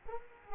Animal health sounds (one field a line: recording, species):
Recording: mosquito wingbeat signal from an infrared sensor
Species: Culex quinquefasciatus